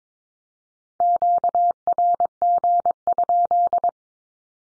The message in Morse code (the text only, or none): QRG?